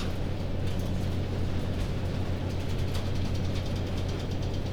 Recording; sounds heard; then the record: poultry house recording; no chicken sound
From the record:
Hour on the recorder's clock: 0